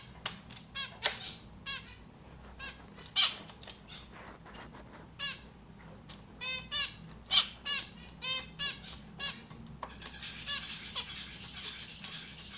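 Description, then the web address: Society finch song: bursts of rapid, buzzy, stuttering chirps repeated irregularly, becoming a run of thin high whistled notes near the end, over a low background hum. Domestic society finches, biting and singing. "amadiny kusayut i poyut. lonchura striata domestica"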